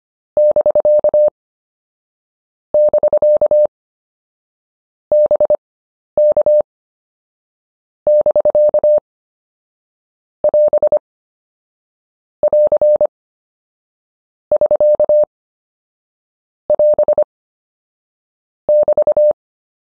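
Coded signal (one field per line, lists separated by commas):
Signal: Morse code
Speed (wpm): 25 wpm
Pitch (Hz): 600 Hz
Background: none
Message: <BK> <BK> BK <BK> <AS> <AR> <SK> <AS> <BT>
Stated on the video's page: Morse prosigns lesson, final module of an anchor words course.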